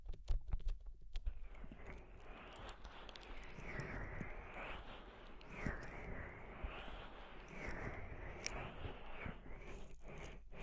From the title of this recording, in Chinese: 用冷凝胶轻轻按摩耳朵